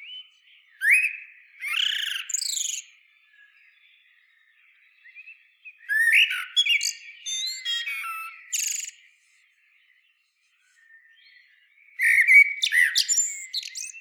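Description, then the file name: Common blackbird delivering three separate phrases, rich warbled notes topped by thin high squeaks, with near silence between them. "Turdus merula"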